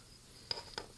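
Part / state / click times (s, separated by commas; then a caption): plastic body panel of a transforming robot figure going into its folded position / not seated / none. A plastic body panel of a transforming robot action figure is pulled down and around into its folded position during a transformation, making soft plastic handling sounds with brief taps near 0.5 s and 0.8 s. The panel does not snap into place, and nothing clicks or seats.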